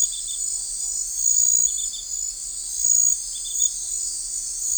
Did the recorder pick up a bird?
no